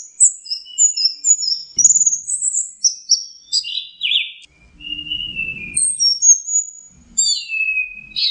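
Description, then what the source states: Orange-headed thrush singing a varied string of high, sweet whistled phrases, some slurred and some trilled, with a brief low rumble in the background partway through. Masteran training recording of the song.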